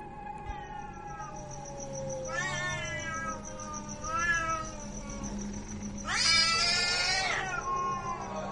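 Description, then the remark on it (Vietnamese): A cat, struck by a thrown rattan pillow, yowls in several drawn-out, wavering cries, then stands on a window ledge growling as if ready to fight, rising to a loud, harsh shriek near the end, with low growling rumbling underneath and a steady high-pitched whine throughout. “Con mèo bị đập kêu lên một tiếng rồi chạy thẳng ra ngoài cửa sổ.”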